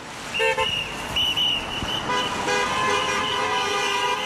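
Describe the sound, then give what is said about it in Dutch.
Car horns honk repeatedly over steady traffic noise as drivers pass striking doctors at St Thomas' Hospital in London, with several bright, sustained toots overlapping in short bursts and longer blasts, loud against the rumble of passing vehicles. “Thomas ziekenhuis in Londen passeren luid toeterende automobilisten de stakende artsen om zo de stakers een hart onder de riem te steken.”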